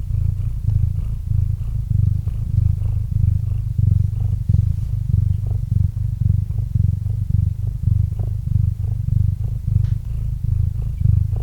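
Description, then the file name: Cat purring, a steady low rumble pulsing throughout, with faint soft clicks above it. Domestic cat named Murchik purring into a microphone. "Kot Murchik - Murchanie kota kot murchal v mikrofon"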